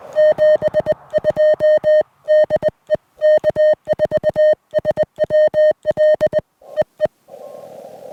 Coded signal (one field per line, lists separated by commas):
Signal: Morse code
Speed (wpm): 21 wpm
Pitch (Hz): 3050 Hz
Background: music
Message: 72 DE K4SWL EE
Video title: Parting Ways with My Venus SW-3B: One Last POTA Activation!